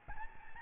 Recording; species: mosquito wingbeat signal from an infrared sensor; Aedes albopictus